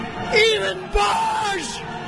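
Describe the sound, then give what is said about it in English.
A man yells and bellows excitedly in long, strained, rising and falling cries as he is introduced on Friday, loud over a steady wash of crowd noise, with a brief pause before a second burst. “Why do you think he was screaming like that when he was introduced on Friday next to these guys?”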